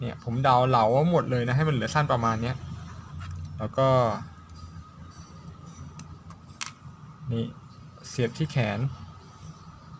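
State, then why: Seated. A shortened plastic peg on the weapon part of a brick-built figure is pushed into the figure's arm. Someone talks, and small plastic ticks come before a sharp click at 6.6 s as the peg seats perfectly.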